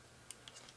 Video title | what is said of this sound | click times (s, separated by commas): X-Sense S21 2k Outdoor Security Camera | clicked and that's that | 0.3 s